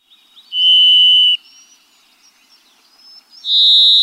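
Varied Thrush song: two long, steady whistled tones, the first lower and lasting nearly a second, the second higher, separated by about two seconds of quiet.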